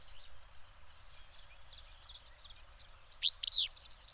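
Bird chirps: a run of faint twittering notes, then a loud, harsh double chirp near the end.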